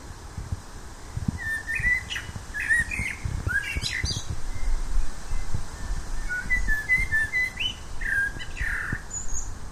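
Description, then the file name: Common blackbird singing several fluted phrases mixed with squeaky notes, over a low rumbling background throughout. "Turdus merula"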